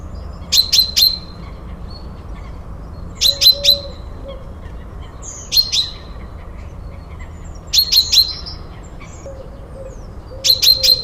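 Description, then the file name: Common chaffinch repeating short bright calls in clusters of one to three sharp notes, about every two to three seconds, over a soft low background rumble. "Fringilla coelebs"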